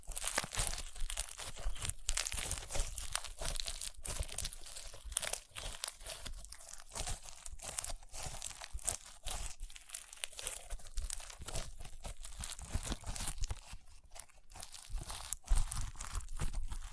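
Crunchy slime is squeezed and worked in a continuous stream of crackling, crinkling pops. The crunches come thick and fast with no real pauses, bright and snappy, with a few sharper bursts near the middle and end.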